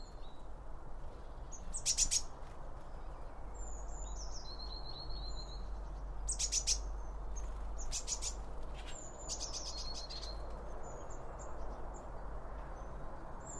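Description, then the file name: Birds: scattered high bird chirps and brief whistles, mixed with a few rustling, crackling bursts and a deep continuous rumble underneath. Birds around a bird feeder, recorded with two Line Audio OM1 microphones. "Birds Around Birdfeeding With Two Om 1 From Line Audio"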